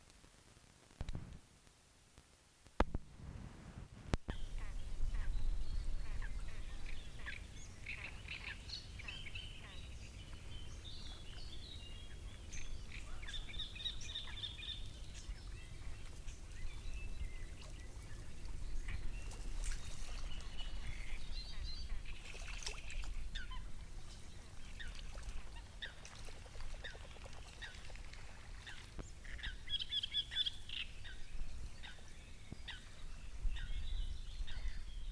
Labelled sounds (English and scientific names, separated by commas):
Great Reed Warbler (Acrocephalus arundinaceus)